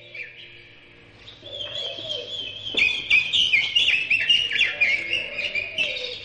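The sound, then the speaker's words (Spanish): An Inriri bird, likened to a woodpecker, calls in a run of high, chattering notes that swell after a quiet start and continue steadily, with a sharp tap-like burst partway through and a lower tone underneath. “Dijeron, de la inundación también se salvó el pájaro Inriri, que es como que el pájaro carpintero.”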